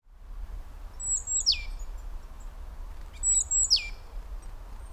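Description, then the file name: Great tit calling twice, each call a sharp high note sliding steeply downward, about two seconds apart, with a faint low rumble underneath. "Parus major"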